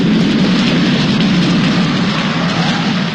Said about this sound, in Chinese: 儿子，这可是下雨了啊